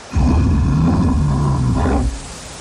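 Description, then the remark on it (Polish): A deep, sustained bear roar lasting about two seconds, loud and rumbling with a growling low-pitched texture, starting abruptly and cutting off, with no talking, in a WWF Poland public service announcement on Polish Radio Trójka. “A to odgłos niedźwiedzi.”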